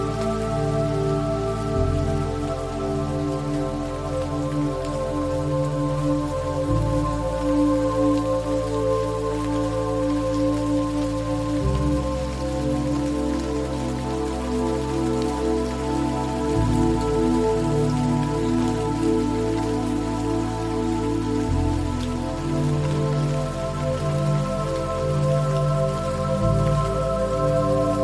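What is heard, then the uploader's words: Gentle rain patters steadily under soft, sustained music. Low bass tones shift in slow steps about every five seconds, with held notes above, while the pattering stays even throughout at a constant level. A mix of relaxing music and gentle rain.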